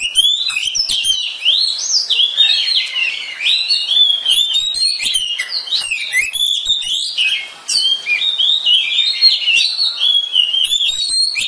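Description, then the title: Oriental magpie-robin in long, sustained song: rapid varied whistles, trills and clicking notes delivered almost without break, bright and high. "suara kacer"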